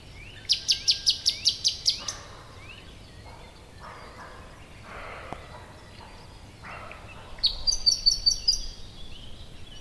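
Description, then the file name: Common nightingale song: a fast run of sharp, repeated high notes, then lower scratchy phrases, and another rapid trilled series near the end over steady background hiss. "Luscinia megarhynchos"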